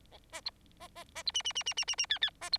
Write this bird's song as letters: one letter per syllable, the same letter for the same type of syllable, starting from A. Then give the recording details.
A B C B B B C D D D D D D D E E B C. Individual Bird4